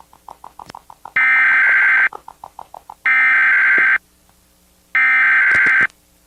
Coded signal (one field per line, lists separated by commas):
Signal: Emergency Alert System (SAME) tones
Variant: header bursts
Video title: Nueva York (2001) EAS Alarm + EAS Alarm YouTube